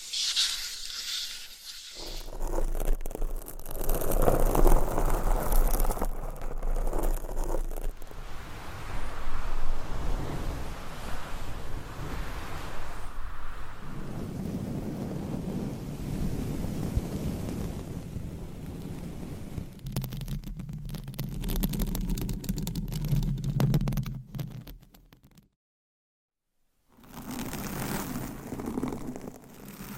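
Rough scratching and rubbing noises over a microphone, dense and shifting, with muffled low rumbles, a sharp clicky stretch near 20 seconds, and a brief silence.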